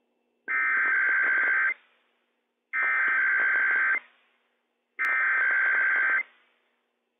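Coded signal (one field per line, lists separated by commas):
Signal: Emergency Alert System (SAME) tones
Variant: header bursts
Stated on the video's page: Required weekly test issued by civil authorities for California, Nevada, Oregon and Washington, received on NOAA Weather Radio transmitter.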